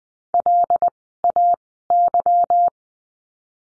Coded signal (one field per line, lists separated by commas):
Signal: Morse code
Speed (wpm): 20 wpm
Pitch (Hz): 700 Hz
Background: none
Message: LAY